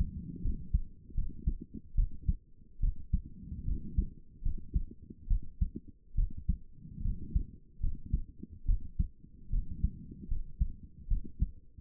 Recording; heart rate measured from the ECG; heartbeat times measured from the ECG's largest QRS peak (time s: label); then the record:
heart sounds by stethoscope; 73 bpm
0.42 s: heartbeat
1.14 s: heartbeat
1.95 s: heartbeat
2.80 s: heartbeat
3.65 s: heartbeat
4.42 s: heartbeat
5.27 s: heartbeat
6.15 s: heartbeat
7.02 s: heartbeat
7.80 s: heartbeat
8.65 s: heartbeat
9.50 s: heartbeat
10.28 s: heartbeat
11.07 s: heartbeat
From the record:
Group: healthy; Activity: rest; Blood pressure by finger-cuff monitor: 138/73 mmHg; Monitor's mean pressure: 92 mmHg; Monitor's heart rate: 75 bpm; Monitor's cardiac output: 7.1 L/min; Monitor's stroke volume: 96 mL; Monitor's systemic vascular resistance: 960 dyn s/cm5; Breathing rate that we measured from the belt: 18 breaths a minute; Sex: female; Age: 22 years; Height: 154 cm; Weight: 58.7 kg